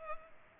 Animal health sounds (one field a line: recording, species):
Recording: mosquito wingbeat signal from an infrared sensor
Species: Culex pipiens